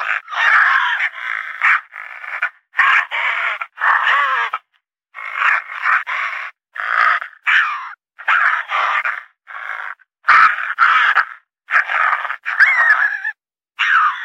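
Raccoon chittering: a long run of rough, quavering, nasal bursts, each under a second, repeated with only short pauses.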